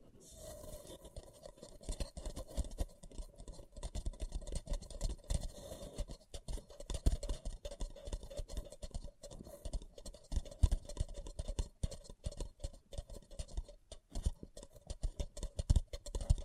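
Paper cup tingles: fingers scratch and tap across a paper cup in a dense, uneven stream of small crinkling clicks. The rustling runs without pause for the whole clip, with sharper taps now and then, louder ones near 7, 10.5 and 16 seconds, over a faint steady hum.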